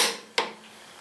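A torque wrench set to 18 foot-pounds is used from underneath on the lower fork bolt of a 2016 Indian Scout Sixty, a steel bolt threading into aluminum, during a Bikers Choice fork boot install. A fading rush of sound gives way to a single sharp metallic click at 0.4 s, then near quiet. The wrench clicks, showing the bolt has reached its set torque.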